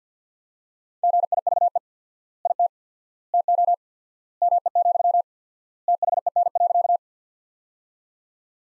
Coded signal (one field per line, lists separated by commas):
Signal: Morse code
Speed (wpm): 50 wpm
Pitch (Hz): 700 Hz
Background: none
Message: GIVE IT TO ME, THEN.